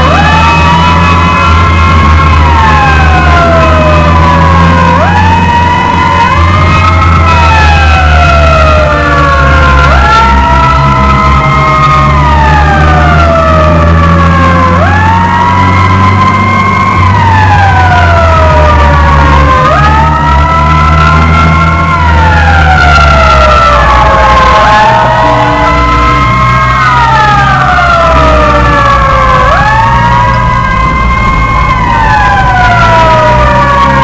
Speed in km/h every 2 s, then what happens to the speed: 43, 42, 46, 47, 39, 34, 46, 47, 52, 48, 44, 44, 34, 41, 34, 33, 32.
0-6 steady at about 43. 6-10 slows to 34. 10-15 speeds up to 52. 17-34 slows to 32.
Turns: none.